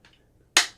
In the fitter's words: same thing locks down